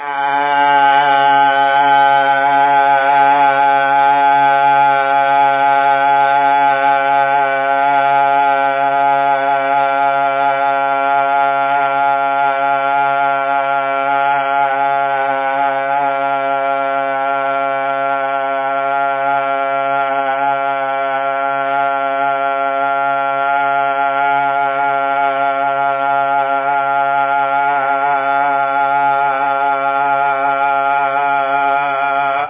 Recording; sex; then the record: sustained vowel /a/; male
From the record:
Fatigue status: no fatigue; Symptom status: symptomatic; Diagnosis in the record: COVID-19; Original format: 3gp